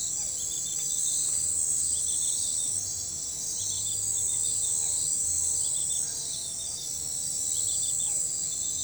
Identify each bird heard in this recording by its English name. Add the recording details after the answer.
none. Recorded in forest near Pivijay, Magdalena, Colombia, on 16 April 2023 at 02:30. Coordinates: 10.467, -74.380. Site Z5-G034